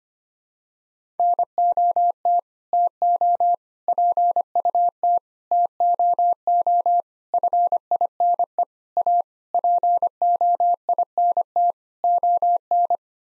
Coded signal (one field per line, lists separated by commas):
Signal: Morse code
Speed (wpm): 25 wpm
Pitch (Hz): 700 Hz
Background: none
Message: NOT TO PUT TOO FINE A POINT ON